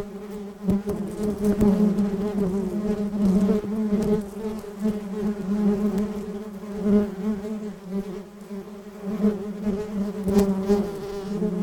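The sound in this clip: Bees buzzing in a low, steady drone with rich overtones, swelling and fading, with a few faint clicks underneath.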